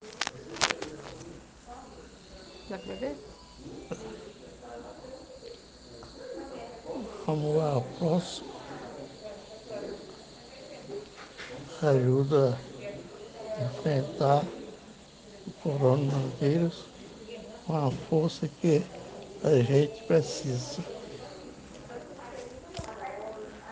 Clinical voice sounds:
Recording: spoken sentence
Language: Brazilian Portuguese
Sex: male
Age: 60 to 69 years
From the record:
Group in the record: respiratory insufficiency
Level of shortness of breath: 5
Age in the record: 60 years

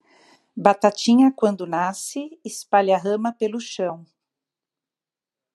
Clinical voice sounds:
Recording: short text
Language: Brazilian Portuguese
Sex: female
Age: 50 to 59 years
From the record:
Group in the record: control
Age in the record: 52 years

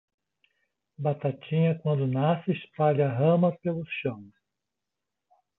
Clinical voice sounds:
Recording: short text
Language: Brazilian Portuguese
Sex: male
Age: 60 to 69 years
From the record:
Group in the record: control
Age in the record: 62 years

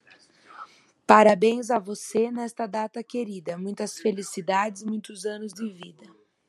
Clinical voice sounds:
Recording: short text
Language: Brazilian Portuguese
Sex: female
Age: 30 to 39 years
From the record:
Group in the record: control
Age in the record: 31 years

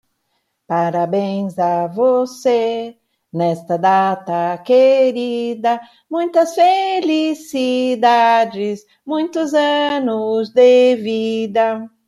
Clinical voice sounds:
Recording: short text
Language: Brazilian Portuguese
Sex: female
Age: 50 to 59 years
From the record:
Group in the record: control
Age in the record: 54 years

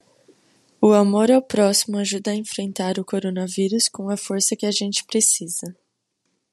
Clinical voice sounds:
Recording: spoken sentence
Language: Brazilian Portuguese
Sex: female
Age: 18 to 19 years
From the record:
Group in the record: control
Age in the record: 19 years

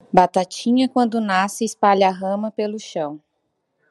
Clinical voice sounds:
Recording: short text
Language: Brazilian Portuguese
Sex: female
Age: 20 to 29 years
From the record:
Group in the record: control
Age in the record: 28 years

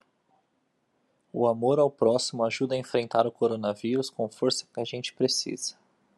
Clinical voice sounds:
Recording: spoken sentence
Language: Brazilian Portuguese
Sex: male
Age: 30 to 39 years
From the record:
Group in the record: control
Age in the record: 31 years

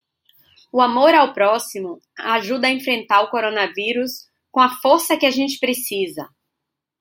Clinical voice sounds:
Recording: spoken sentence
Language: Brazilian Portuguese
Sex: female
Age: 40 to 49 years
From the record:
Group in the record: control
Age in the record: 44 years

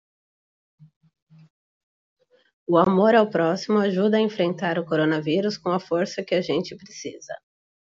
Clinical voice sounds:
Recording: spoken sentence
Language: Brazilian Portuguese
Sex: female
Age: 30 to 39 years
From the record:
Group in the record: control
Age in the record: 35 years

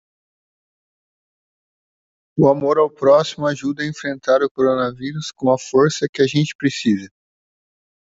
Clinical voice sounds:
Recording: spoken sentence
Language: Brazilian Portuguese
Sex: male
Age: 40 to 49 years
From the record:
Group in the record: control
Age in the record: 49 years

